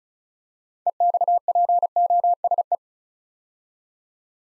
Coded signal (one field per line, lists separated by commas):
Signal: Morse code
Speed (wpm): 36 wpm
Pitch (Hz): 700 Hz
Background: none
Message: EXPOSE